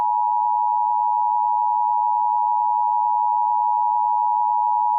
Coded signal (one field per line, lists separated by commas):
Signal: Emergency Alert System (SAME) tones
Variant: 853 and 960 Hz attention tone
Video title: EAS 5 Minutes Alert Test